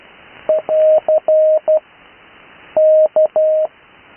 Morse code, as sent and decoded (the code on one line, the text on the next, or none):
.-.-. / -.-
<AR> K